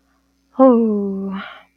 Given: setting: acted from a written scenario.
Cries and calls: vocal sound without words; serenity

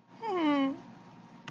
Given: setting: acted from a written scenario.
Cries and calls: vocal sound without words; amusement

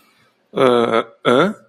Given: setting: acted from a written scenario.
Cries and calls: vocal sound without words; embarrassment

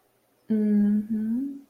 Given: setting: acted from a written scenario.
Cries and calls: vocal sound without words; romantic love

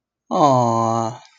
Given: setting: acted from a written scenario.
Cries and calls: vocal sound without words; adoration

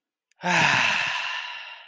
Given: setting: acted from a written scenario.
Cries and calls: vocal sound without words; serenity

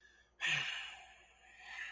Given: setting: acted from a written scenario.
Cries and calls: vocal sound without words; guilt

